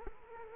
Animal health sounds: mosquito wingbeat signal from an infrared sensor; Culex quinquefasciatus

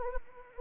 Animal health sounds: mosquito wingbeat signal from an infrared sensor; Anopheles arabiensis

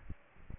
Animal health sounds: mosquito wingbeat signal from an infrared sensor; Aedes aegypti

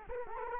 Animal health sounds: mosquito wingbeat signal from an infrared sensor; Culex quinquefasciatus

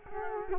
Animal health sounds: mosquito wingbeat signal from an infrared sensor; Culex quinquefasciatus

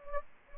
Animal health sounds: mosquito wingbeat signal from an infrared sensor; Anopheles gambiae

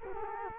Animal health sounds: mosquito wingbeat signal from an infrared sensor; Culex quinquefasciatus

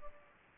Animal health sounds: mosquito wingbeat signal from an infrared sensor; Culex pipiens

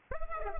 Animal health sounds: mosquito wingbeat signal from an infrared sensor; Culex pipiens

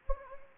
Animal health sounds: mosquito wingbeat signal from an infrared sensor; Anopheles gambiae

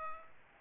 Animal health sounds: mosquito wingbeat signal from an infrared sensor; Aedes albopictus

